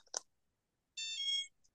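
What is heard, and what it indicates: Button click, then a bright two-tone beep dropping in pitch: the hypoglossal nerve stimulator remote for sleep apnea turning therapy on. The stimulation moves the tongue out of the airway for a few seconds.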